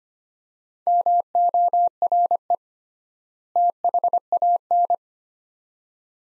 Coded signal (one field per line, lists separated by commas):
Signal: Morse code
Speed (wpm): 25 wpm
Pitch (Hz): 700 Hz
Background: none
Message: MORE THAN